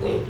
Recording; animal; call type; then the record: contact call of a hoofed animal; pig; closed-mouth grunt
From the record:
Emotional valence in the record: positive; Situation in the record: food and toys in familiar pen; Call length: 0.29 s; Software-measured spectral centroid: 1440 Hz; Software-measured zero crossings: 960 a second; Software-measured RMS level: -24 dBFS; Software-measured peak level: -13 dBFS